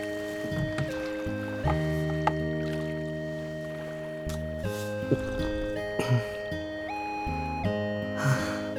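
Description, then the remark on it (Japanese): Soft, irregular splashes of oars dipping into water as a rowboat glides along, moving away from the shore, with a steady, sustained musical backdrop of held chords running underneath throughout. “人の声も車の音も少しずつ遠ざかっていく。ボートには何度か乗ったことがあるけど、コーヒーを持ち込んで水の上で飲むのは初めてだな。”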